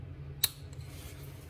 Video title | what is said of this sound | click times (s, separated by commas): 800bhp K20A2 engine build (part 2) | there we go so after all that kerfuffle about I thought have you heard it pop on the camera yeah | 0.4 s